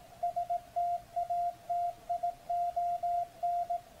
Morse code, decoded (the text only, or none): STATION